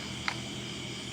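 With the spindle lock pressed and the key tool inserted, the cutting-disc locking nut on an angle grinder spindle is turned to the left. A short, sharp crack at 0.3 s stands out over a steady low hum as the nut breaks free and loosens.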